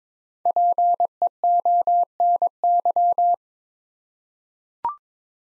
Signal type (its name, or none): Morse code